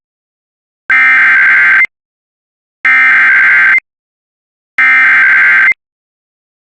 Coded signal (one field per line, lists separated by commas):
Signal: Emergency Alert System (SAME) tones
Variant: header bursts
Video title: EAS Alerts I Missed on 7/7/24